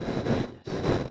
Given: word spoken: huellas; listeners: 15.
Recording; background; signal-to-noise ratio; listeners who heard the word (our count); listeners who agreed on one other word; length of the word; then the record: one Spanish word in noise, from a listening test; noise modulated by one talker; -9.5 dB; 0 of 15; 6 of 15; 0.71 s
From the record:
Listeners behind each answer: 6, 2, 1, 1, 1, 1, 1, 1, 1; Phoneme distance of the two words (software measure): 7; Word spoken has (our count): 2 syllables, 5 phonemes, stress on syllable 1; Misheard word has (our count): 2 syllables, 4 phonemes, stress on syllable 1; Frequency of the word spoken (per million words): 17.51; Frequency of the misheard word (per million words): 213.91